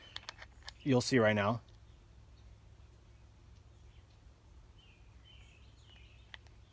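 A threaded foam buffing pad or bit is being turned backwards on a power drill's threaded shaft, the way to find the thread start and avoid stripping it. A few faint, short ticks come early, someone talks briefly around 0.9–1.6 s, and the rest is low steady background noise with faint high chirps and one more tick near 6.3 s. Nothing has seated or clicked into the thread yet.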